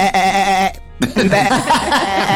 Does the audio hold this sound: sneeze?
no